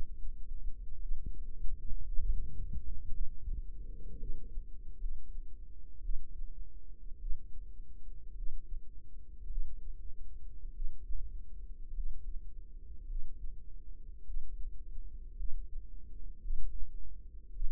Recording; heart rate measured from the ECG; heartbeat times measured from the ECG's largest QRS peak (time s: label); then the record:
heart sounds by microphone in the right ear; 54 bpm
1.00 s: heartbeat
2.04 s: heartbeat
3.11 s: heartbeat
4.18 s: heartbeat
4.98 s: heartbeat
6.02 s: heartbeat
7.19 s: heartbeat
8.35 s: heartbeat
9.49 s: heartbeat
10.73 s: heartbeat
11.94 s: heartbeat
13.07 s: heartbeat
14.25 s: heartbeat
15.36 s: heartbeat
16.41 s: heartbeat
17.53 s: heartbeat
From the record:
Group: healthy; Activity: rest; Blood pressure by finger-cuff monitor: 98/60 mmHg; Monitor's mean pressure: 72 mmHg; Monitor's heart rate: 54 bpm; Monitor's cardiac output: 5 L/min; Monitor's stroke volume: 92 mL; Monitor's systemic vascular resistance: 1040 dyn s/cm5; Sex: female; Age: 28 years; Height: 170 cm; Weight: 77 kg